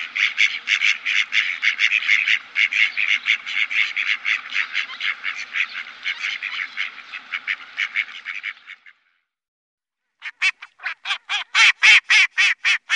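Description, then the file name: Mallard quacking in a fast, steady run of harsh nasal calls for about eight seconds, a short pause, then a second, louder burst of quacks. "Grasand"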